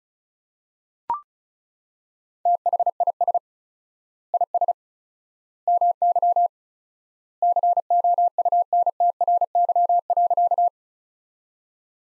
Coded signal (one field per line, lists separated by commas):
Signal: Morse code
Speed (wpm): 34 wpm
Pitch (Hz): 700 Hz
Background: none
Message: THIS IS MY COUNTRY.